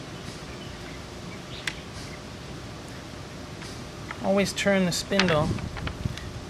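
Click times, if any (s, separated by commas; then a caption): none. On an AGP TC20/TC40/TC402 two-speed tile core drill set up for a 20-millimeter size, the spindle is turned while the gear selector is shifted toward second gear. Soft background noise carries a few brief handling ticks around 1.7, 4.1, 5.9 and 6.2 s, and someone talks from about 4.2 to 5.6 s. The gear has not snapped in place yet; nothing has seated by the end.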